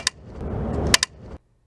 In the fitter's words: and an audible clicking noise can be heard